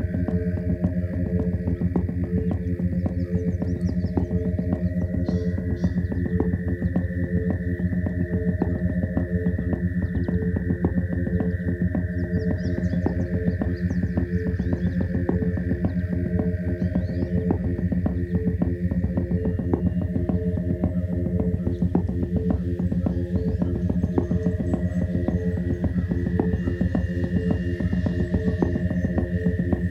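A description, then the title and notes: Green frogs croon in a dense, unbroken chorus of rapid low throbbing, with a thin, steady higher tone running over it throughout. This thought experiment uses a carrier frequency of 87.3 Hz - the key of F, and produces a theta binaural of 6.2 Hz. The track uses a personal favorite field recording "Frogsong at Miner's Marsh" with the operatic crooning of green frogs recorded in the Annapolis Valley, Nova Scotia.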